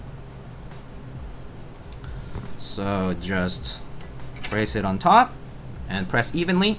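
A keyboard's top case is lined up over the bottom case, which uses ball latch tabs, ready to be braced and pressed down evenly while someone talks. Only small handling taps are heard, around 1.9, 2.0 and 2.4 seconds. The halves have not latched yet, and no click has been heard.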